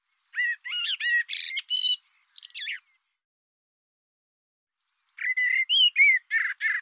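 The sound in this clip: Bird giving quick squawky notes and bent whistles in a run of two to three seconds, then silence, then a second similar burst.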